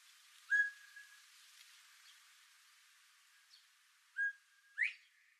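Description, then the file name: Northern bobwhite whistled call: a short level whistle, a pause, then a level note followed by a sharply rising upslurred whistle, in a quiet background. Recorded at Inba on 26 May 2021. "korinuzura inba uemura"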